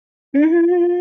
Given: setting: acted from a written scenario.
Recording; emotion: vocal sound without words; adoration